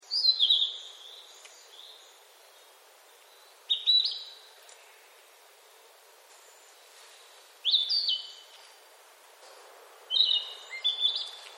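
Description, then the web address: Narcissus flycatcher song: four short whistled phrases of quick high notes, spaced a few seconds apart, with quiet gaps between them against faint background hiss. "saizikidousyokubutu yatyou kibitaki"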